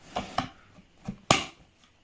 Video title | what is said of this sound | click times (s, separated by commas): EINHELL TC-CL 18/1800 Li-Solo Battery-Powered Lamp - unboxing, review and test | locks in place so it will not go anywhere | 1.3 s